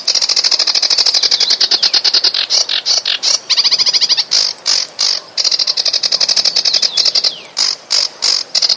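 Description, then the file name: Sedge warbler singing a long, rapid rattling medley of dry churrs, harsh trills and clicking notes, broken by brief pauses and a downslurred whistle. "kamyshovka barsuchok"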